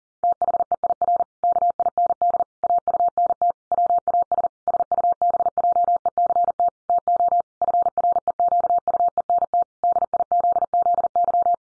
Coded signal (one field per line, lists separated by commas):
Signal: Morse code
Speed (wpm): 40 wpm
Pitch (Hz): 700 Hz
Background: none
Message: THEIR KIND AUNT WAS SUBJECT TO FREQUENT DIZZY